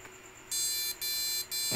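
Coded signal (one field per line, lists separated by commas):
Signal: beep code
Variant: motherboard speaker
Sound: three short buzzy electronic beeps in quick succession from a small speaker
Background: faint room hum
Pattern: 3 short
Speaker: hindi pare-pareho ang beep code na. Diba? Tatlo. Una, isa, tapos bilang tatlo. Hindi pare-parehas ang beep code na ibinibigay ng motherboard speaker.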